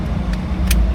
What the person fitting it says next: ये लॉक हो गया।